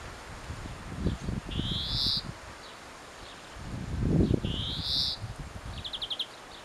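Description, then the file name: European greenfinch giving two nasal, buzzy, rising wheezes about three seconds apart, followed by a short trill, with low rumbling and rustling noise underneath. "Chloris chloris"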